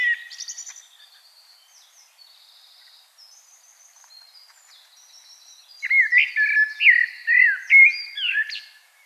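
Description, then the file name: Common blackbird: faint high twittering, then a loud, rich fluty warble of several notes ending in a squeaky flourish. "Turdus merula"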